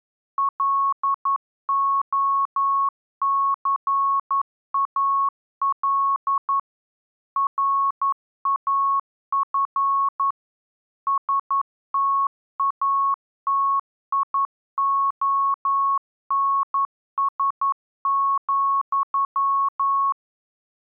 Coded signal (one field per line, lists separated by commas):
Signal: Morse code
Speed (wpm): 11 wpm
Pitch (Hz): 1100 Hz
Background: none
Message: LOCAL RAF STATIONS,